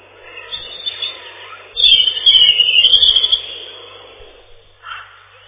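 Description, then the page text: European robin song: a long rippling phrase of high, quickly varied notes, followed by a softer short note, with steady background hiss. Song described as a loud ringing trill. "Зарянка, или реполов, или малиновка - Erithacus rubecula"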